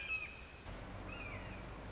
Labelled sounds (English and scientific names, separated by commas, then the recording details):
Red-shouldered Hawk (Buteo lineatus)
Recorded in Sonoma County, California